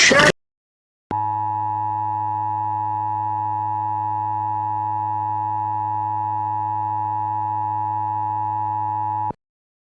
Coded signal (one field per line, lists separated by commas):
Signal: Emergency Alert System (SAME) tones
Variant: 853 and 960 Hz attention tone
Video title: EAS Mock 3: Out of Ham